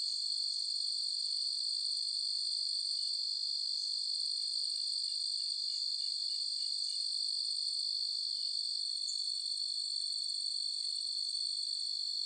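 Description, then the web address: Crickets trilling together in a continuous high-pitched wash, a steady, even chorus of rapid chirps with a faint soft hiss beneath. Forest nature ambience with crickets and insects. "SFXBible ambience-nature-forest-birds-crickets-insects"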